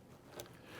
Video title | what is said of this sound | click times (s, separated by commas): Elegant & Affordable BluShark Apple Watch Straps - Roundup Review | And did you hear that click? So it clicks into place. | 0.4 s